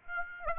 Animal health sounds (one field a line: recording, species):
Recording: mosquito wingbeat signal from an infrared sensor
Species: Aedes aegypti